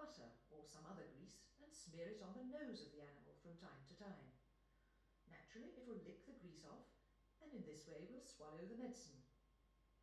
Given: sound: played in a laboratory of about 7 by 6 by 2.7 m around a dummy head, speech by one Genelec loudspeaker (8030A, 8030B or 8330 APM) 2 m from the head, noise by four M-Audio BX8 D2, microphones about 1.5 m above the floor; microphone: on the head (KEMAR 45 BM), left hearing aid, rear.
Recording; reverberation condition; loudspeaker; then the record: female speech in English; medium; 90 degrees to the right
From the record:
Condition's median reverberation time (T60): about 510 ms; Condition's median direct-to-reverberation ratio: about -0.5 dB